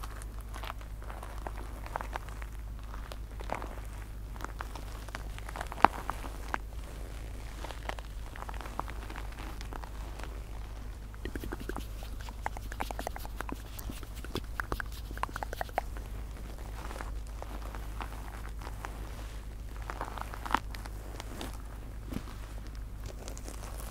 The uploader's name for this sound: MouthSounds & Inaudible Whispers